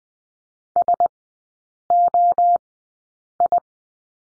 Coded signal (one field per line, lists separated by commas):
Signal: Morse code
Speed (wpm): 20 wpm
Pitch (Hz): 700 Hz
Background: none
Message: S O I